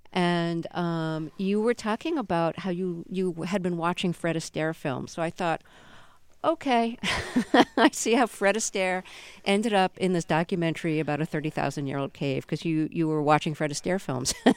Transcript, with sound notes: And you were talking about how you had been watching Fred Astaire films. So I thought, OK.. (Laughter) I see how Fred Astaire ended up in this documentary about a 30,000-year-old cave because you were watching Fred Astaire films.